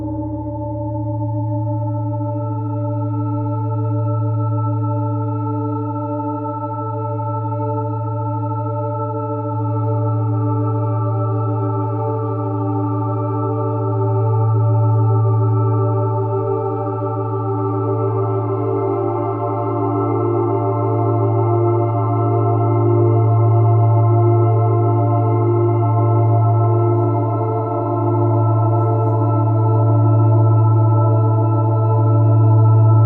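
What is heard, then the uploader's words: A bell drone hums steadily, built on a strong low tone with a stack of ringing overtones above it. Over the half minute it slowly swells and brightens, upper tones emerging after the first few seconds, with a faint gentle beating throughout. Bell Drone.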